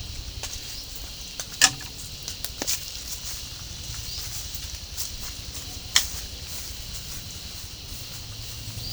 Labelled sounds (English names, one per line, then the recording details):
none
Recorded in pastures near Puerto Asís, Putumayo, Colombia, on 21 March 2025 at 11:30
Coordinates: 0.497, -76.327
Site G072